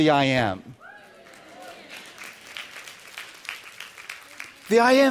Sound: applause